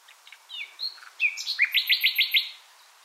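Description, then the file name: Common nightingale phrase opening with quiet slurred whistles, then a burst of about six loud, rapidly repeated notes. "Luscinia megarhynchos"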